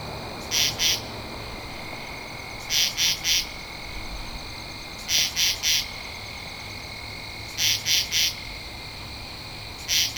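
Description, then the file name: Katydid giving rhythmic buzzy pulse groups, mostly two or three rasps each, spaced about two and a half seconds apart, with a steady insect whine behind. Recorded 2 October 2012. "Katydid-20121002"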